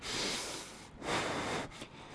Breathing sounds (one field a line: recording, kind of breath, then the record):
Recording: one breath in and out by a microphone near the nose and mouth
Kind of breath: strong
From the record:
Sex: male